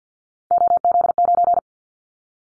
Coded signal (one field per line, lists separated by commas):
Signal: Morse code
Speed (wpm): 48 wpm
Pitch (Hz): 700 Hz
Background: none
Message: OZ9